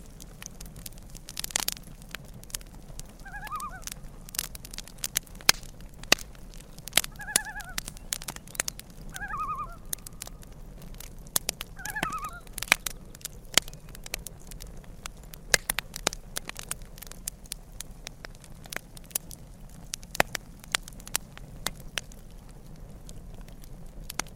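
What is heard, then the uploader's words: A campfire crackles and pops irregularly throughout, with sharp snaps scattered every second or so over a low, steady rumble. Faint, short loon calls drift in around three, seven, nine and twelve seconds, then fade, leaving only the fire. Loon & Campfire Sounds. Natural crackling campfire sounds alongside soothing loon calls.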